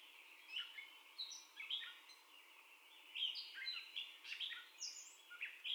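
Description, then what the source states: Catbird singing quiet, scattered squeaky phrases with short gaps. First song, recorded 30 May 2021 at 04:48.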